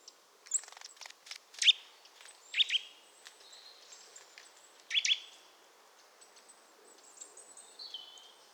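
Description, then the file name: Eurasian nuthatch giving sharp, high chirping calls, a few loud notes spaced irregularly over several seconds. "Sitta europaea"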